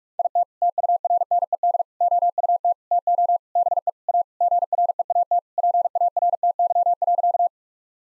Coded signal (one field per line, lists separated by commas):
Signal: Morse code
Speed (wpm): 41 wpm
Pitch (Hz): 700 Hz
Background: none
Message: IT TURNED OUT TO BE A GREAT PARTY.